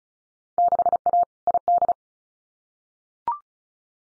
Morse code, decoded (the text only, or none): 6A ID